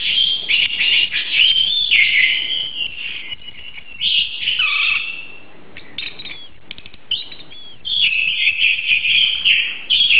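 Oriental magpie-robin pouring out dense, high warbling song with whistled slurs and chattering notes, broken by a few short pauses.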